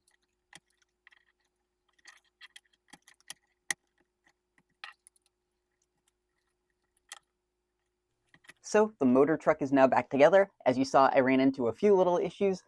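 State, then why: Not seated. Small, sharp plastic clicks and taps sound over the first seven seconds as someone tries to press the plastic bottom plate onto the reassembled motor truck of a Life-Like F7 HO scale model locomotive. The plate would not snap into place, and nothing has seated yet. From about 8.7 seconds someone talks.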